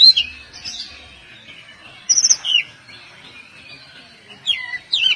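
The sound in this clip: Oriental magpie-robin song in brief bursts of high, clear whistles and slurred notes, pausing between phrases.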